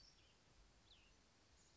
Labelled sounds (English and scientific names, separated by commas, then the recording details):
Cassin's Vireo (Vireo cassinii)
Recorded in Sonoma County, California